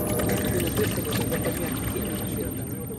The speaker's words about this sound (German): Aus einem Kanister schüttet sie Wasser in einen Teekessel, macht mit ein paar Ästen Feuer.